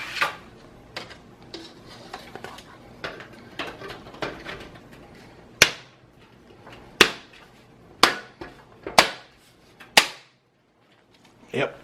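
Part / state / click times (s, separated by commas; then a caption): plastic push-fit panel into PC case mounting holes / seated / 5.6 s, 7.0 s, 8.0 s, 9.0 s, 10.0 s. A plastic push-fit panel is pressed back onto a Fractal Design Define R6 Blackout TG PC case, with soft handling and tapping sounds at first. Its plastic pegs then seat in the case's mounting holes one by one, giving sharp snaps at 5.6, 7.0, 8.0, 9.0 and 10.0 seconds. The panel ends up seated.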